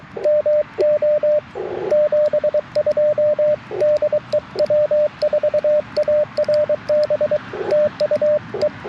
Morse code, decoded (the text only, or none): MO 72 DE W4ARB TU E